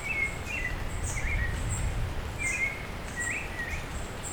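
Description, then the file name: Bird giving quick sliding chirped notes, several in a few seconds, with faint high notes above and constant noise beneath. Bird calling during rain falling on leaves. "Hi-Fi Nature Sounds - Beautiful Bird Call"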